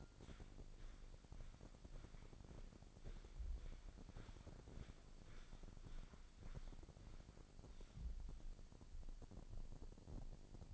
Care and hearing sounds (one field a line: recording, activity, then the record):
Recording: daily activity, microphone in the room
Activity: walk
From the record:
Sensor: 5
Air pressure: 1009.4 hPa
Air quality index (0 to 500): 146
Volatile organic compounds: 2 ppm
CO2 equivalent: 1134 ppm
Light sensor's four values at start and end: 336/799/344/384 and 334/796/342/383